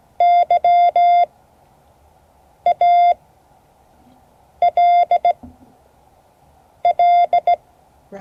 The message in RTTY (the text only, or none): none